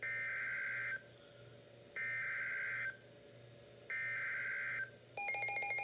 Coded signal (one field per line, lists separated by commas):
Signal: Emergency Alert System (SAME) tones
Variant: header bursts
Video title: EAS #406 NOAA Weather Radio (WR-300) PHI Flood Warning 4/7/22 10:41 PM EDT